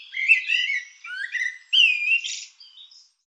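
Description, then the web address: Bird calls, a string of squeaky, slurred chattering notes with a rising whistled swoop, then a loud harsh note and soft trailing chirps. "cianscape birddata Deverinetal Bird Tu Me Tu Me"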